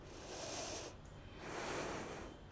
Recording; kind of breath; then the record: one breath in and out by a microphone near the nose and mouth; deep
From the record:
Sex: female